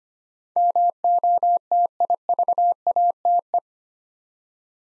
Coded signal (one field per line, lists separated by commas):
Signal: Morse code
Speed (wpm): 25 wpm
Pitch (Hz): 700 Hz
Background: none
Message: MOTIVATE